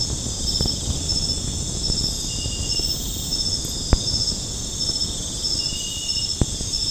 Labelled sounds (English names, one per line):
none